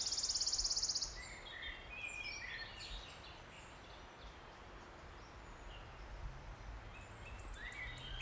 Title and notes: Sound Escape 16: listen to the cascade of wood warbler song in an ancient oak wood. a path rising up a steep-sided wooded valley in South Wales. The endless May rain has stopped and a male wood warbler is singing his extraordinary song from the emerald canopy of tangled oak trees